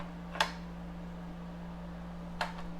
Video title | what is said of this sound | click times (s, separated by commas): Craftsman Reciprocating Saw (Sawzall) Tutorial and Blade Change Model CMCS300 | we're just going to slide it in until we hear a click | 0.4 s